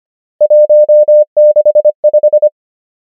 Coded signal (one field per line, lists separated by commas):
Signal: Morse code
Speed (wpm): 25 wpm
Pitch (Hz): 600 Hz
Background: none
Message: 1 6 5